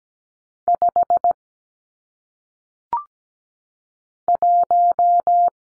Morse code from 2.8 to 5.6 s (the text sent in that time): 1